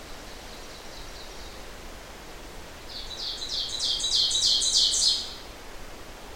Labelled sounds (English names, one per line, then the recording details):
Ovenbird song
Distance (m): 20 m
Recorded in boreal forest in Alberta, Canada, on 12 June 2016 at 07:14
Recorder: SongMeter 3, array SBT-3-18
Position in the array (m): 121 m, 108 m
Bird 29